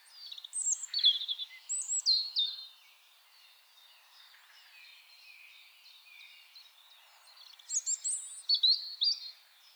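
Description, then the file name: European robin song: a sweet high phrase of mixed whistles and twitters, a long quiet gap, then another rapid, scratchy, tinkling phrase. "Erithacus rubecula"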